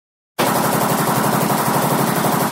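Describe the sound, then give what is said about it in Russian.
An AK assault rifle fires a full magazine at pursuers while on the move, in one continuous burst: a rapid, loud, evenly spaced rattle of shots lasting about two seconds before cutting off abruptly. No voices. “Сашка развернулся и на ходу разрядил магазин в преследователей, но не рассчитал.”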